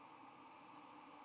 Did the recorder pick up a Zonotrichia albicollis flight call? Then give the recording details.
no. No flight call is heard. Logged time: 11:36 on 9 November 2014